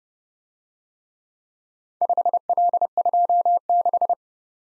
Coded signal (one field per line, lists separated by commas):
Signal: Morse code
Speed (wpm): 34 wpm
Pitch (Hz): 700 Hz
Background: none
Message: 5L26